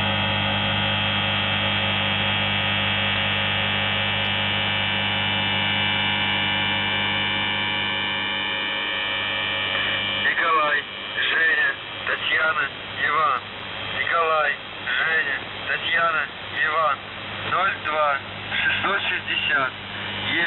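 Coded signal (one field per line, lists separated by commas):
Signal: coded military voice message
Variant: UVB-76, Russian voice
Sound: steady low buzzing hum for ten seconds, then a male voice reading a message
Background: radio static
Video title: The Buzzer | 20th August 2023 | Voice Message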